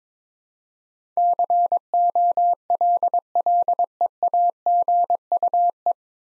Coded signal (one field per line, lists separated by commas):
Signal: Morse code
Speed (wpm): 23 wpm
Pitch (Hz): 700 Hz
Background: none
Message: COLLEAGUE